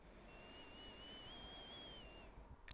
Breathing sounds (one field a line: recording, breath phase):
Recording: one breath near a microphone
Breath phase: inhalation